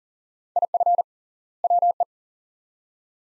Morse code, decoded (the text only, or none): IF WE